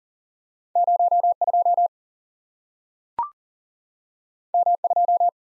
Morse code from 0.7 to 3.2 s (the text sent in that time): 0 2